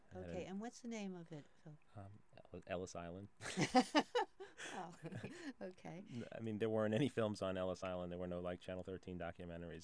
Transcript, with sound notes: Okay. And what's the name of it?
Umm. Ellis Island [laughs]
Oh. Okay.
I mean, They weren't any films on Ellis Island. There were like no channel thirteen documentaries.